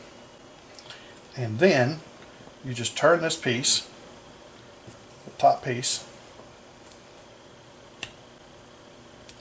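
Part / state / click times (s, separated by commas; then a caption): snap-on case back coming off a wristwatch case / released / 8.0 s. A wristwatch sits in a case-opening press while someone talks and the top piece of the press is turned. A single sharp pop at 8.0 s marks the snap-on metal case back popping free of the watch case, releasing it.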